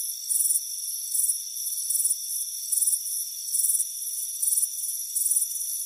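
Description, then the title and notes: Cricket chirping: high, buzzy pulsed bursts repeating at an even pace over steady high insect tones. Crickets chirping on a warm afternoon at a front porch. "Soothing Crickets Chirping Sound. It's a warm afternoon as you relax in a hammock on the front porch. Relax and fall asleep to the soothing sound of chirping crickets"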